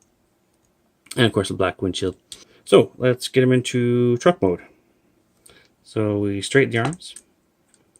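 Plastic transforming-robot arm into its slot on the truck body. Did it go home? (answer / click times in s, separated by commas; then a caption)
no / none. Someone talks while handling a plastic MechFansToys Mechanic Studio SPIALE (Swerve) transforming-robot figure, straightening its arms to push them into their slots on the truck body during conversion to truck mode. Only faint, brief ticks are heard between the speech, and the arms have not yet seated or clicked into place by the end.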